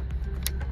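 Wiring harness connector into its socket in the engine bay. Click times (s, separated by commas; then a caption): 0.5 s. On a 2013 Ford Escape during an engine installation, a wiring harness connector is pushed down into its socket in the engine bay and locks into place with a sharp click at 0.5 s, over a steady low hum. A fainter tick comes at 0.1 s, and the connector is confirmed seated.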